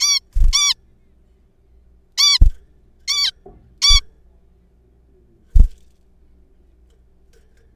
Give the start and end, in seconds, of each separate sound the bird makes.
0.01-0.20, 0.53-0.74, 2.18-2.39, 3.08-3.31, 3.82-4.00